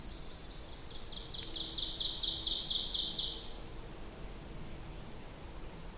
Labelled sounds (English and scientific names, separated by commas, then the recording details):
Ovenbird (Seiurus aurocapilla) song
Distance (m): 40 m
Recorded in boreal forest in Alberta, Canada, on 26 May 2016 at 07:01
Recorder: SongMeter 3, array SBT-3-15
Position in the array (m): 41 m, 279 m
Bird 20